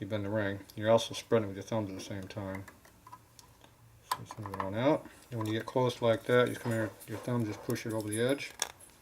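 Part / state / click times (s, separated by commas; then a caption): piston ring into piston ring groove / not seated / none. A piston ring for a pieced-together swap-meet 88ci Evo motor (1984–1999) is spread with the thumbs and eased around the piston toward its groove, with the last section pushed over the edge by thumb. Someone talks throughout, and faint light ticks of handling sound around 2.9–3.6 s and a sharper tick comes at 9.1 s. The clip ends before the ring goes home, so nothing has seated or clicked yet.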